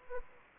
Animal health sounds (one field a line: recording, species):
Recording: mosquito wingbeat signal from an infrared sensor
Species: Anopheles gambiae